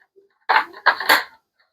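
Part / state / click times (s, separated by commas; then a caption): smoke detector body onto its ceiling mounting plate / not seated / none. A plastic SITERWELL smoke/CO detector body is being lined up on its ceiling mounting plate, turned to find the matching grooves before it is pushed in and twisted to lock. Three broad plastic handling knocks sound at about 0.5, 0.9 and 1.1 seconds. Nothing has locked or clicked yet.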